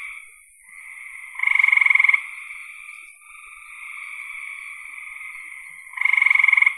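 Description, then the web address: Frog rattling out two loud pulsed trills about four and a half seconds apart, with other frogs trilling steadily underneath. "cn frogs"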